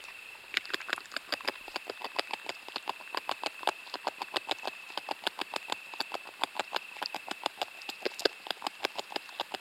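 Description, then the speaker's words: Beaver gnawing wood, a fast, fairly regular series of crisp scraping clicks lasting the whole stretch, over a constant faint high hum. In the water, quietly gnawing its branches; can be surprised with luck, patience and silence. "on peut surprendre le castor dans l'eau, en train de ronger tranquillement ses branches."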